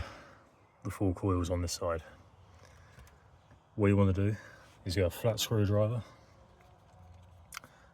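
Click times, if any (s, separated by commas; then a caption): 7.6 s. Someone talks while a flat screwdriver is twisted in at an ignition coil on the V8 engine of a 2007 Audi S5, working on the plastic ignition coil retainer on the cylinder head. A sharp, short click sounds at 7.6 s as the retainer clicks free, releasing it before the coils are pried off.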